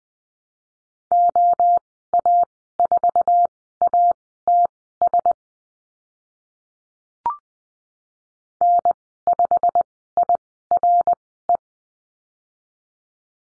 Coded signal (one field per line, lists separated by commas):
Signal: Morse code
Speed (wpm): 19 wpm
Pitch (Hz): 700 Hz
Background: none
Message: OA4ATS N5IRE